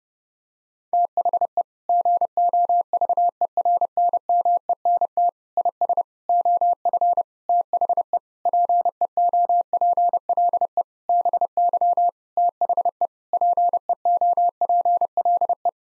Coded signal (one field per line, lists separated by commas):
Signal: Morse code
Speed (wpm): 30 wpm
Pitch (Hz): 700 Hz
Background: none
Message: THE GOVERNMENT IS OF THE PEOPLE BY THE PEOPLE